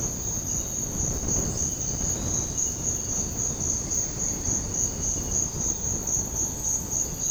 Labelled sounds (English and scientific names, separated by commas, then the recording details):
none
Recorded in dense forest near Puerto Asís, Putumayo, Colombia, on 20 February 2024 at 06:00
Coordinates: 0.486, -76.316
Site G6437